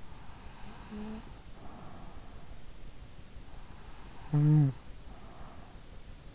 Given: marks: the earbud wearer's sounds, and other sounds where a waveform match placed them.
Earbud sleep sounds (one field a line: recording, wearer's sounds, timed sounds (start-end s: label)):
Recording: sounds in sleep by an in-ear microphone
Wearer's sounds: snoring breath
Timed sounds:
0.24-2.70 s: snoring breath
4.07-5.99 s: snoring breath